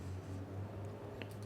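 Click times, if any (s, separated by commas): 1.2 s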